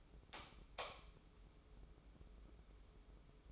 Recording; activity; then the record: daily activity, microphone in the room; light on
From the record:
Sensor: 1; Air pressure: 995.4 hPa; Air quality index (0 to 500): 26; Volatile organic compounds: 1 ppm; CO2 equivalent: 516 ppm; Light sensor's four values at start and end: 10/25/10/11 and 14/41/16/17